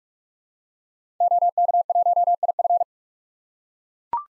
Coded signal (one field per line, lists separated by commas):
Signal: Morse code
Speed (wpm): 42 wpm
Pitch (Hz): 700 Hz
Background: none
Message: OK1IF